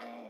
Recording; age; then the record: pig call; piglet (1 to 25 days)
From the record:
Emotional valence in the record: negative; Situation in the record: restrain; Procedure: in the arms of a person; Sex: female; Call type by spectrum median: low-frequency call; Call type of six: low-frequency stable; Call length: 0.30 s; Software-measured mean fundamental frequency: 51 Hz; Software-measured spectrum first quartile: 429 Hz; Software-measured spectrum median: 699 Hz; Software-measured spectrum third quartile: 1316 Hz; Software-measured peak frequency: 715 Hz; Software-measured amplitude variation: 61 dB a second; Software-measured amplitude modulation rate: 28.5 a second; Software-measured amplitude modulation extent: 2.2 dB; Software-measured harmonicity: 1.0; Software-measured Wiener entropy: -0.64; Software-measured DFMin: 682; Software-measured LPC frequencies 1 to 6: 634, 2184, 3362, 4837, 5069, 6266 Hz